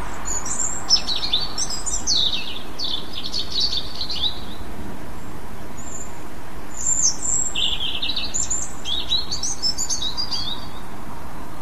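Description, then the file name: European robin song: high, tumbling warbled phrases with quick trills and thin whistles, a brief pause, then another varied burst of liquid high notes, over soft hiss. "rouge gorge"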